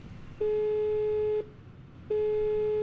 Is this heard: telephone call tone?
yes